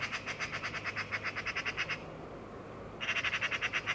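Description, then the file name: Eurasian magpie chattering: a harsh, rapid rattle of dry chak notes for about two seconds, a pause, then another fast rattling burst. "Pica pica"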